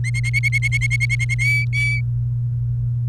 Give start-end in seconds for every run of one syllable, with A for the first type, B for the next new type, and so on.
0.04-1.34 A, 1.39-2.01 B